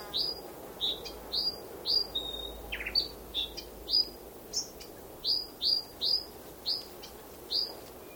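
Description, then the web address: Brown thornbill calling in a string of sharp, high chirps with brief pauses and one lower rasping note, set against constant soft background noise. "Sound Effects-Foundation 1 BIRD BROWN THORN BILL CALL"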